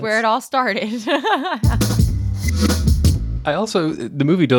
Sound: chuckle